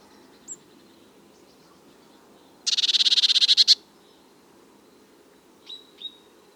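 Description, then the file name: Eurasian blue tit call: one loud buzzy churr of rapid pulses lasting about a second, with faint thin high notes before and after it. "Cyanistes caeruleus"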